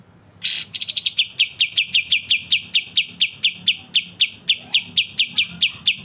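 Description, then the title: Streaked spiderhunter song: a loud harsh opening burst, then a long series of sharp, high chip notes, quick at first, then steady. Actively singing, clear and long song; recording used as a master song for training cage birds. "Pijantung Gunung Gacor Jernih Panjang"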